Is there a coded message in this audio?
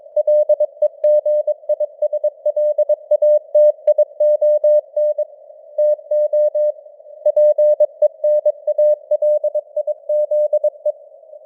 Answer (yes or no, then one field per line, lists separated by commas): yes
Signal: Morse code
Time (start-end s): 0.2-10.9 s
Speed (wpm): 22 wpm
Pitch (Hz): 600 Hz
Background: none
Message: LEGISLATION TO PENALIZE